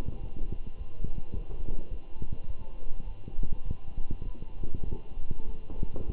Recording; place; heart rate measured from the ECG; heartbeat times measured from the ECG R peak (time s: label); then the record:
heart sounds by stethoscope; between the tricuspid and mitral areas; 103 bpm
0.22 s: heartbeat
0.78 s: heartbeat
1.33 s: heartbeat
1.90 s: heartbeat
2.47 s: heartbeat
3.06 s: heartbeat
3.64 s: heartbeat
4.24 s: heartbeat
4.86 s: heartbeat
5.46 s: heartbeat
6.06 s: heartbeat
From the record:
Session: walking at 3.7 km/h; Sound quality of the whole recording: good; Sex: male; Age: 24 years